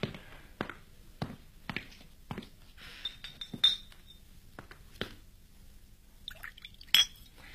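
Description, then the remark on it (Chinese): A series of sharp glassy clinks and taps as glasses are raised in a toast to a partnership, spaced unevenly, one leaving a bright ringing tone, with soft liquid sounds of wine being poured between them and no talking. “来，为我们的合作干杯。”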